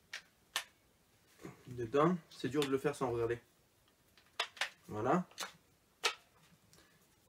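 During a quick spring change on an ASG Scorpion EVO 3 A1 carbine airsoft replica, the spring retainer or guide part is pushed into the body (gearbox/receiver) amid a few earlier short ticks while someone talks. At 6.1 s it sets into place by itself with a sharp click, and it no longer moves.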